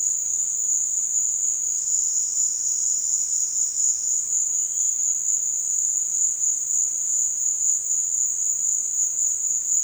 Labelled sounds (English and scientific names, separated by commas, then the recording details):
none
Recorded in dense forest near Puerto Asís, Putumayo, Colombia, on 22 June 2025 at 15:30
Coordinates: 0.468, -76.322
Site GP03